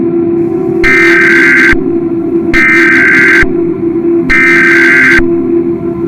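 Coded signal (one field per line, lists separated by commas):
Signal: Emergency Alert System (SAME) tones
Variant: header bursts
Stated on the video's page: Fictional analog-horror EAS scenario, simulated using Balabolka, Audacity, Adobe Premiere Pro and NtscQt.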